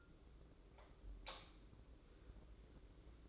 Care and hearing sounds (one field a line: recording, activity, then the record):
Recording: daily activity, microphone in the room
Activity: light off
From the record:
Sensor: 3